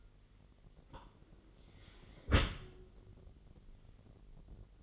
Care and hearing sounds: daily activity, microphone in the room; close dishwasher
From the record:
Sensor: 4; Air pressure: 999.0 hPa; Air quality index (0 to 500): 124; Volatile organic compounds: 2 ppm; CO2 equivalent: 1227 ppm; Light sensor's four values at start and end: 7/16/6/7 and 7/17/7/7

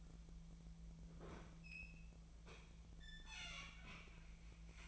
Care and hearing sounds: daily activity, microphone in the room; open fridge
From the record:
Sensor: 1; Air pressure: 1009.7 hPa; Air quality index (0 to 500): 192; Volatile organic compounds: 18 ppm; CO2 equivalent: 2632 ppm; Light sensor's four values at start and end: 32/82/34/41 and 32/82/34/41

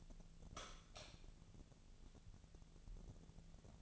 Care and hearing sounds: daily activity, microphone in the room; light on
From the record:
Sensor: 4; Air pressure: 1000.9 hPa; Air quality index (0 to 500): 124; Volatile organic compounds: 1 ppm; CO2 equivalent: 930 ppm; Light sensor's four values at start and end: 26/64/26/27 and 29/74/30/32

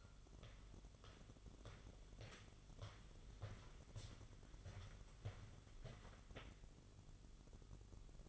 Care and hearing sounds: daily activity, microphone in the room; walk to room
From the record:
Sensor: 4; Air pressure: 1009.0 hPa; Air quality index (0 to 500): 137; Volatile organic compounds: 2 ppm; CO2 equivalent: 993 ppm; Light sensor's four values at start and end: 15/34/13/13 and 11/25/10/10

